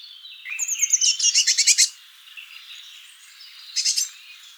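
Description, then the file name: Eurasian blue tit calling: thin high notes lead into a rapid buzzy chatter lasting about a second, with a shorter chattering burst soon after. "Cyanistes caeruleus"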